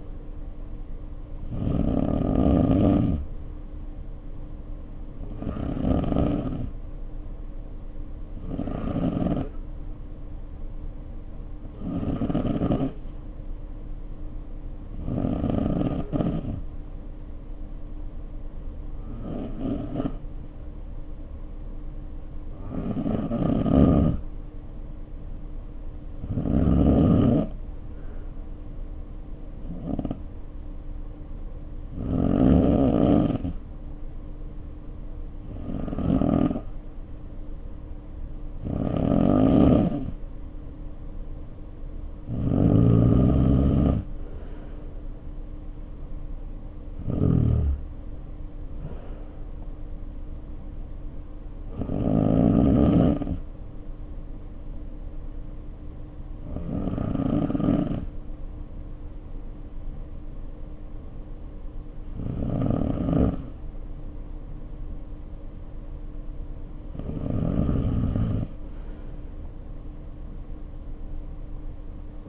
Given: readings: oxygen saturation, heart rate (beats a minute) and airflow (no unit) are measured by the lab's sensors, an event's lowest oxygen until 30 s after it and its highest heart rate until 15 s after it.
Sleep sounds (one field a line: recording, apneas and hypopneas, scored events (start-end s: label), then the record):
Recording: breathing in sleep by a smartphone at the bedside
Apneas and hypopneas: 1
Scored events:
13.00-27.50 s: hypopnea (N2, oxygen 94% highest, then 91% lowest, heart rate 54 at the start, 59 highest)
40.00-70.00 s: new sleep stage, N1 (lightest sleep)
70.00-72.29 s: new sleep stage, N2 (light sleep)
From the record:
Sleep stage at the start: N2 (light sleep)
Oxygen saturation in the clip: 88 to 95%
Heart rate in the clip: 50 to 60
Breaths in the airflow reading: 18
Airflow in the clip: -3.2 to 2.5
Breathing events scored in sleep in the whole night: 520 in 7.2 hours asleep